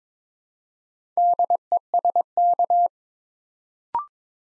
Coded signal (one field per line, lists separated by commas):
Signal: Morse code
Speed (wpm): 22 wpm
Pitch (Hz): 700 Hz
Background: none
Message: DESK